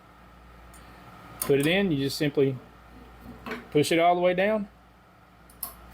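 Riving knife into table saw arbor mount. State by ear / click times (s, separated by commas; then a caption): seated / 5.6 s. A riving knife with a dust-collection guard is pushed all the way down into its mount on a Harvey table saw while someone talks, and the locking button is flipped back. A sharp click is heard at 5.6 s as the riving knife locks into place.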